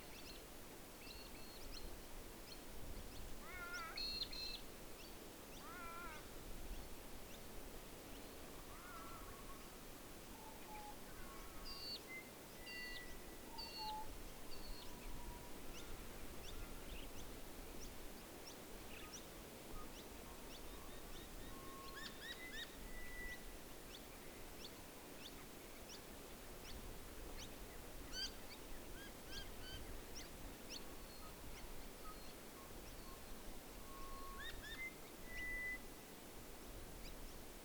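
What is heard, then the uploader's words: Night recording at Menindee Lakes with insects and calling wildlife over a steady, low rushing hiss. Short chirps and thin whistles pop up every few seconds across the whole clip, joined by quick high ticks and clicks, with no single sound dominating. Menindee Lakes. Recorded overnight in late 2020, featuring many bats, insects, a few nightjar, and some Wood Ducks.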